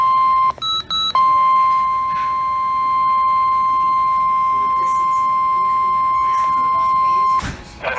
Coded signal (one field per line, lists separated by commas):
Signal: Emergency Alert System (SAME) tones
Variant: 1050 Hz attention tone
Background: speech